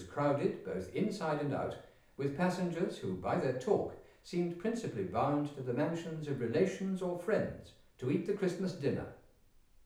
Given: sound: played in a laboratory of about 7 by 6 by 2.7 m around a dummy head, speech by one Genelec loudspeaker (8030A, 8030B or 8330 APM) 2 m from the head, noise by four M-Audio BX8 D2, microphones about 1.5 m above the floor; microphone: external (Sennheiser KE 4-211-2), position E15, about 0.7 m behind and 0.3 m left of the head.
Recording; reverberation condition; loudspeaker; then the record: male speech in English; medium; 30 degrees to the left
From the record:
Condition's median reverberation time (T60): about 510 ms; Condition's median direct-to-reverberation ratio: about -0.5 dB